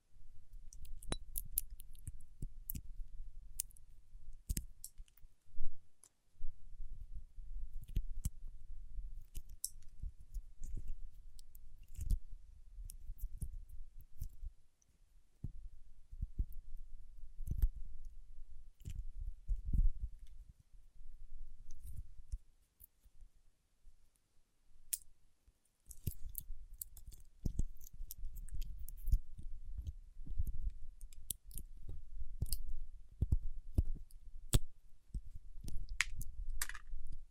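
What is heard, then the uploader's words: Waxy fingertips make dense, irregular sticky clicks and crackles, with soft rubbing underneath and a low rumble. The texture stays busy most of the time but thins and drops out briefly around 15 seconds and again from about 22 to 26 seconds. ASMR with Wax Fingertips for Sleep (No Talking).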